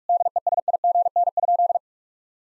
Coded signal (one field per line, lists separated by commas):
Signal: Morse code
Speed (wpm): 46 wpm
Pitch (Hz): 700 Hz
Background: none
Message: DESIGN?